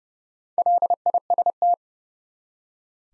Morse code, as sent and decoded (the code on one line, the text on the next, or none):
.-.. .. ... -
LIST